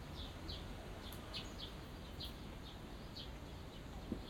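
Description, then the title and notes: Birds tweeting, quick high notes in loose series, with a brief low knock near the end and steady background noise. Birds singing in a small garden in a corner of Yushima Tenjin shrine, Tokyo, surrounded by buildings, after rain; binaural. "小鳥のさえずり、雨上がりの庭園にて（Binaural）- Birds singing in the garden. 湯島天神の片隅にある小さな庭園で録音しました。"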